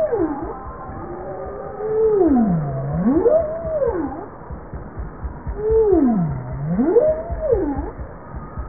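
Bowhead whale calls: two matching tonal phrases about four seconds apart, each dipping low in a U-shaped glide before rising and dipping briefly again, with steady underwater hiss.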